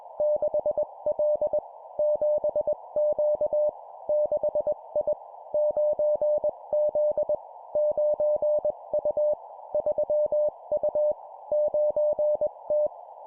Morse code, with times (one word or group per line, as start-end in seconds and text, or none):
0.2-1.6 6L
2.0-3.7 7Q
4.1-5.1 6I
5.5-7.3 9Z
7.8-9.3 9U
9.7-11.1 3U
11.5-12.9 9T